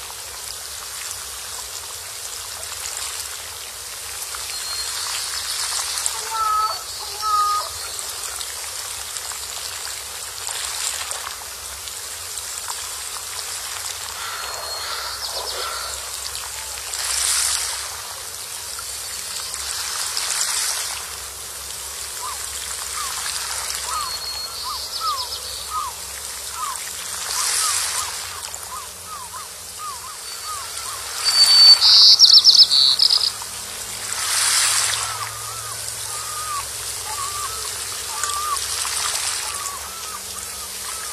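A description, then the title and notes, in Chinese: Wild ducks and small birds call over a steady, trickling water-like hiss. Scattered chirps come early, a quick run of short repeated calls follows from about 22 to 30 seconds, and a louder, bright call stands out near 32 seconds. 野鸭鸟儿嬉戏。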